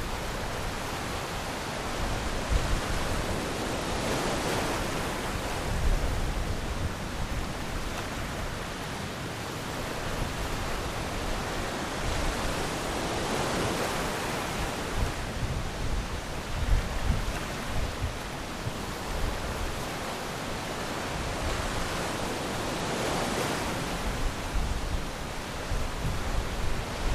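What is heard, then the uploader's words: Shore break waves roar in a thick, unbroken wash of hiss and rumble. Brighter surges swell up about every nine seconds, near the 5, 14 and 23 second marks, as waves crash and spill before sinking back into the constant churn. Waves at Sandy Beach Park, Oahu. This episode of surf and waves was recorded at Sandy Beach Park on the East side of Oʻahu. The sounds of the shore break.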